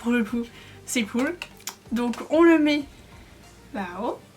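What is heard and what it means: A small phone-holder bracket is being handled as it is brought up to be clipped onto the top of a camera, onto the hot shoe. Someone talks throughout, with only faint handling noise in the pauses. Nothing has seated or clicked yet.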